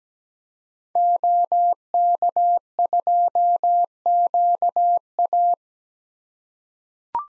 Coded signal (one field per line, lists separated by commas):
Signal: Morse code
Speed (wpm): 17 wpm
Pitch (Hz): 700 Hz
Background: none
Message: OK2QA